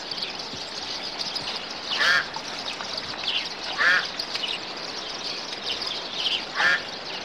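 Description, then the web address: Bird calls: three harsh, nasal, quacking notes at uneven intervals, over a steady high-pitched hiss throughout. "audio animali uccelli 05 uccelli birds 01"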